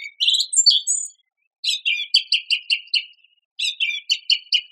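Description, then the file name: Song thrush singing a few rich whistled notes, then a clipped phrase repeated several times in quick succession, followed after a pause by more repeats. "suara-kicauan-burung-song-thrush -omkicau"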